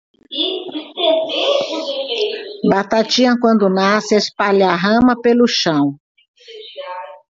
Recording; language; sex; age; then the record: short text; Brazilian Portuguese; female; 60 to 69 years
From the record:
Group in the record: control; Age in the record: 61 years